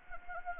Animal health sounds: mosquito wingbeat signal from an infrared sensor; Anopheles gambiae

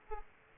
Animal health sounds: mosquito wingbeat signal from an infrared sensor; Aedes aegypti

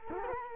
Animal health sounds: mosquito wingbeat signal from an infrared sensor; Culex quinquefasciatus

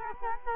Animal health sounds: mosquito wingbeat signal from an infrared sensor; Culex quinquefasciatus

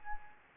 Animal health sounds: mosquito wingbeat signal from an infrared sensor; Anopheles gambiae

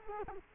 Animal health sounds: mosquito wingbeat signal from an infrared sensor; Culex quinquefasciatus

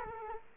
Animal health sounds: mosquito wingbeat signal from an infrared sensor; Culex quinquefasciatus

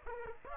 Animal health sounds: mosquito wingbeat signal from an infrared sensor; Aedes aegypti

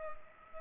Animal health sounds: mosquito wingbeat signal from an infrared sensor; Culex pipiens

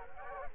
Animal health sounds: mosquito wingbeat signal from an infrared sensor; Culex quinquefasciatus

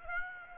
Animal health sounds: mosquito wingbeat signal from an infrared sensor; Aedes aegypti

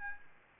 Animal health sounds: mosquito wingbeat signal from an infrared sensor; Aedes albopictus

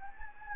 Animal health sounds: mosquito wingbeat signal from an infrared sensor; Anopheles gambiae

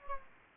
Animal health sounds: mosquito wingbeat signal from an infrared sensor; Culex quinquefasciatus

